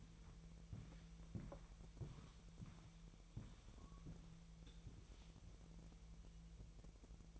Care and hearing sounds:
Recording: daily activity, microphone in the room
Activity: walk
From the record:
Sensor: 1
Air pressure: 1002.0 hPa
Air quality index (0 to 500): 236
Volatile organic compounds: 91 ppm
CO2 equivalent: 3691 ppm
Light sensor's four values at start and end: 8/19/8/9 and 8/18/7/8

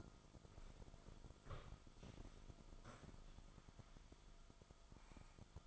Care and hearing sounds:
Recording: daily activity, microphone in the room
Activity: sit down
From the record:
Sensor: 5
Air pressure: 1005.2 hPa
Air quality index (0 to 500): 104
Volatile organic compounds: 2 ppm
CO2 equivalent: 1268 ppm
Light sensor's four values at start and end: 34/78/31/30 and 34/78/31/30

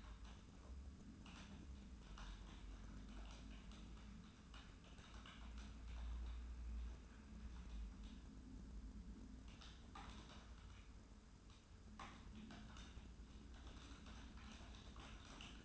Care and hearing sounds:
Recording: daily activity, microphone in the room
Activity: typing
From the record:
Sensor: 2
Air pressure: 994.3 hPa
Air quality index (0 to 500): 210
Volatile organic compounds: 1000 ppm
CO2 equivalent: 6917 ppm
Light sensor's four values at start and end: 53/123/52/54 and 54/125/53/55

